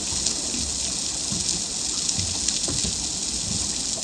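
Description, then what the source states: Snapping shrimp underwater: a dense, continuous crackling hiss of countless tiny snaps, steady and loud throughout with no pauses. Many shrimp active in shallow coral-reef water near Mianhua Islet; picked up live by a hydrophone beside a boat and played through a loudspeaker; described as very loud.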